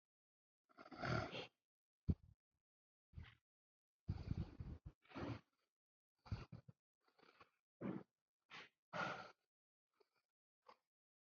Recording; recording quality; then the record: deep breathing; poor, much background noise or distortion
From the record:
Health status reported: healthy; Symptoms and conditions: none ticked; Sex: male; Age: 54 years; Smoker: not ticked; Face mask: not worn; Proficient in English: yes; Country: India